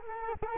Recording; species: mosquito wingbeat signal from an infrared sensor; Culex quinquefasciatus